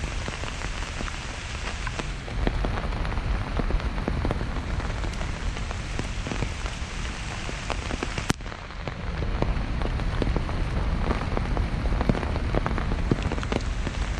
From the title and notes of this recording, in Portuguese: Caminhando na chuva no Central Park em Manhattan Nova York. NYC Nature Rain Sounds ASMR.